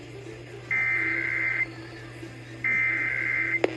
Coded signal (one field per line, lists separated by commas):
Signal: Emergency Alert System (SAME) tones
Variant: header bursts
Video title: Accidental Tests | EAS #314-316 | 10/21/20